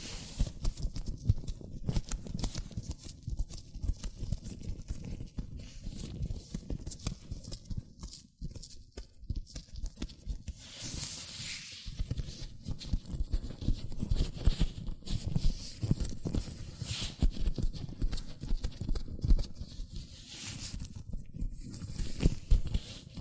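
Hands in latex gloves rub, squeeze and tap without pause, making a dense stream of soft, thudding clicks and patters. Low rubbery sounds dominate, with brighter squeaky swipes standing out around eleven, seventeen and twenty-one seconds, and a short lull near eight seconds.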